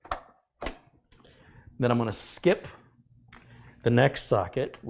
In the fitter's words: I can just push down on the corners and you should hear it then